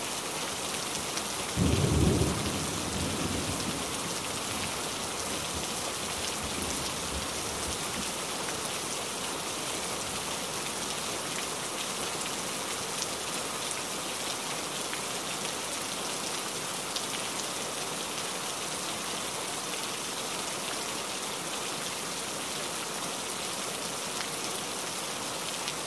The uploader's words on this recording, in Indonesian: HUJAN.